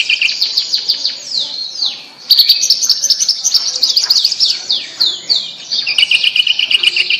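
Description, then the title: Bird song: continuous, varied high twittering with down-slurred whistles and stuttering rapid notes throughout. "Kicau Burung Yoi"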